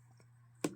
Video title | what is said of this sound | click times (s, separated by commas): Modded / custom leatherman | and you could hear it lock in there but it doesn't actually lock | 0.6 s